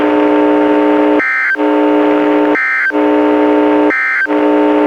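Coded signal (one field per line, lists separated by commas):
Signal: Emergency Alert System (SAME) tones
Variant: end-of-message bursts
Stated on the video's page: NWR Required Weekly Test relayed by weather radio station, heavy static interference; recorded directly from a weather radio through an audio recorder.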